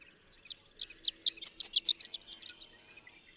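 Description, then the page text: Horned lark song: a few high, stuttered chips quicken and rise into a rapid, slurred tinkling flourish, then trail off into soft notes. Daytime intermittent singing, a few stuttered notes rising to a rapid slurred flourish; Marble Hot Springs Road, Sierra Valley, California, 7 June 2001. "Horned lark. Daytime "intermittent singing," a few stuttered notes that rise to a rapid, slurred flourish, with cattle. June 7, 2001. Marble Hot Springs Road, Sierra Valley, California."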